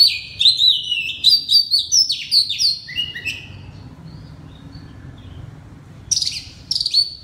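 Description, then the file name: Oriental magpie-robin: a fast series of sweet whistled notes for three seconds, then quiet, then two short bright phrases near the end. Loud (keras) song in the ngeplong style. "suara kacer ngeplong keras"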